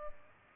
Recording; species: mosquito wingbeat signal from an infrared sensor; Culex pipiens